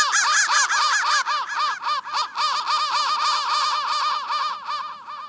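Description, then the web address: Crow caws, a busy run of rough arched calls, steady throughout and fading slightly at the close. "soundfactory crow 1"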